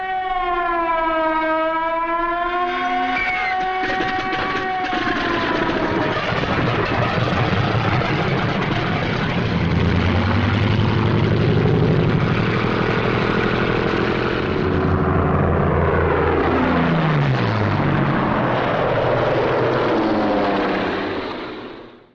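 A wailing siren rises and falls briefly, then gives way to the loud, continuous roar of WWII German Messerschmitt 109 and Focke-Wulf 190 fighter engines, from captured film, with one engine note sweeping downward in pitch near the end.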